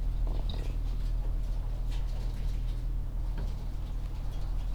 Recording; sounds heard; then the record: poultry house recording; sick chickens (respiratory disease)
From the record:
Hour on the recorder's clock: 14